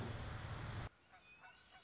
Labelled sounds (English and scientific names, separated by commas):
Red-winged Blackbird (Agelaius phoeniceus)